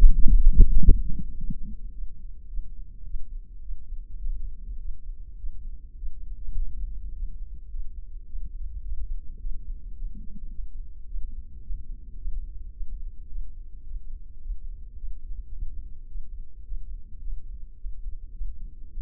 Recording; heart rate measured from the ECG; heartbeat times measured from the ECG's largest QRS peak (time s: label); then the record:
heart sounds by microphone in the left ear; 107 bpm
0.33 s: heartbeat
0.86 s: heartbeat
1.40 s: heartbeat
1.94 s: heartbeat
2.50 s: heartbeat
3.07 s: heartbeat
3.64 s: heartbeat
4.23 s: heartbeat
4.81 s: heartbeat
5.39 s: heartbeat
5.98 s: heartbeat
6.58 s: heartbeat
7.16 s: heartbeat
7.72 s: heartbeat
8.28 s: heartbeat
8.85 s: heartbeat
9.42 s: heartbeat
9.98 s: heartbeat
10.53 s: heartbeat
11.09 s: heartbeat
11.64 s: heartbeat
12.20 s: heartbeat
12.75 s: heartbeat
13.31 s: heartbeat
13.87 s: heartbeat
14.42 s: heartbeat
14.98 s: heartbeat
15.54 s: heartbeat
16.10 s: heartbeat
16.66 s: heartbeat
17.23 s: heartbeat
17.79 s: heartbeat
18.35 s: heartbeat
18.92 s: heartbeat
From the record:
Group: healthy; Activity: light exercise 0-1 s, rest 1-19 s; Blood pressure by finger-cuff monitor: 175/75 mmHg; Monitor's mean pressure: 100 mmHg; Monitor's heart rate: 107 bpm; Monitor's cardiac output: 10.2 L/min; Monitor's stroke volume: 95 mL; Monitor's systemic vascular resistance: 720 dyn s/cm5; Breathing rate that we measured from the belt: 17 breaths a minute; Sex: male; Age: 21 years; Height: 175 cm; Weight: 72.6 kg